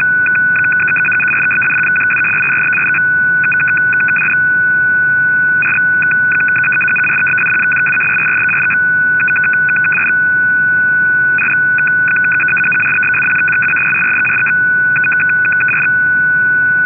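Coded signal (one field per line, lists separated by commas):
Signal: numbers station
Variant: F06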